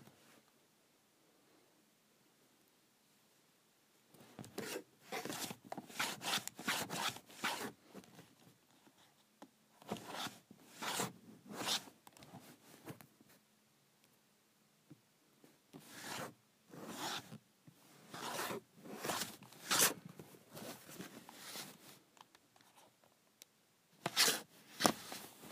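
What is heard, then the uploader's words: A calculator cover slides on and off in quick, scraping strokes, each a short bright rasp. The strokes come in bursts: from about 4 to 8 seconds, around 10 to 13, then 16 to 22, and a final pair near 24 to 25 seconds, with near silence between. Sliding my Calculator Cover.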